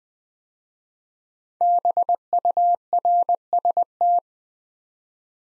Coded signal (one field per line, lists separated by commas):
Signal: Morse code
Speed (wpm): 20 wpm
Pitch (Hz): 700 Hz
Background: none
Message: BURST